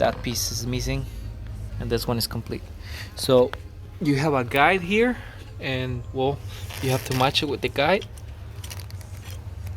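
Someone talks while lining up a magnetic crankshaft tone wheel with its guide on the 3.0 diesel engine of a 2014–2019 Dodge Ram, part of a fix for code P0336 (crankshaft performance), before pushing it home. Light crackles of handling noise are heard near the end. The wheel has not been pushed in yet and nothing has seated or clicked.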